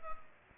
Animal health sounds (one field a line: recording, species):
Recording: mosquito wingbeat signal from an infrared sensor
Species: Culex pipiens